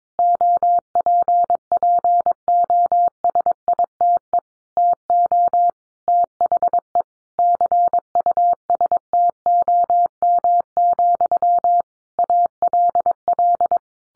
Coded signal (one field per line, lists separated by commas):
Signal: Morse code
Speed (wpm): 22 wpm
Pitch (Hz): 700 Hz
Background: none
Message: OPPOSITE TO THE CUSTOM, ALL